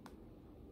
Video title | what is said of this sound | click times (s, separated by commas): unboxing and review of ezbnb angel wing karaoke microphone | the sd and then you will hear click okay | 0.1 s